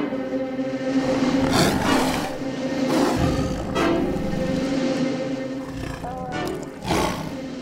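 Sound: lion roaring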